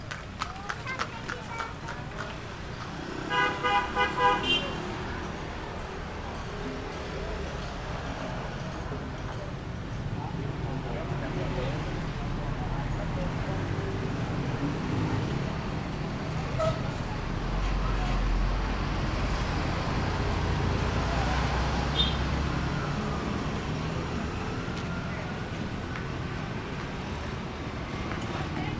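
A small street is full of motorbikes and cars passing in a steady, dense rumble. Sharp rhythmic taps and a bright, ringing burst come in the first five seconds, and scattered clacks and voices sound through the rest of the clip.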